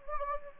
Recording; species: mosquito wingbeat signal from an infrared sensor; Anopheles gambiae